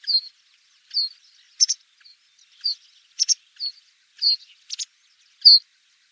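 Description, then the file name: Masked wagtail call series: high clipped chirps repeated about every half second, with a few brief buzzy notes mixed in, steady and unhurried. "Trjasoguzka maskirovannaja"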